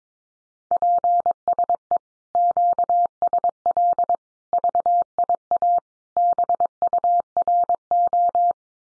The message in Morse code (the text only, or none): PSE QSL VIA BURO